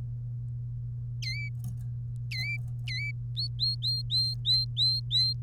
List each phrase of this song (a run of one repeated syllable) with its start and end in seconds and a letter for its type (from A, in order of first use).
1.22-1.49 A, 2.31-2.56 A, 2.88-3.11 A, 3.37-5.33 B